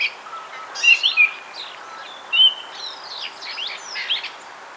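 Thrush calls: scratchy, squeaky high notes and slurred whistles in a few irregular bursts over soft steady background noise.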